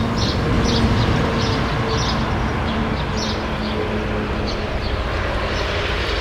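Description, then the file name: Sparrow chirps, quick scattered high notes in loose clusters, set against steady heavy low-pitched background rumble. "True sparrows"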